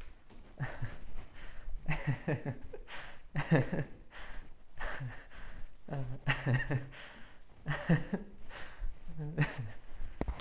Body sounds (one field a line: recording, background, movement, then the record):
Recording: laughter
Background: quiet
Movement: walking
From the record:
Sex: male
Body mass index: 20.5 kg/m2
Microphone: on the chest, facing outward